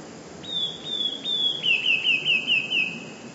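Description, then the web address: Eurasian blue tit singing long high notes that slide into a fast trill of short falling notes, with steady low background noise. "wroblowe teka 2 spiew. modraszkoteka"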